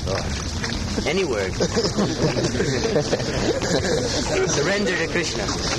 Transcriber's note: laughter